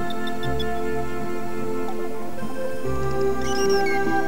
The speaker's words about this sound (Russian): И вот вы слышите сигналы своих собратьев-дельфинов. Они радостно приветствуют вас и плывут к вам навстречу.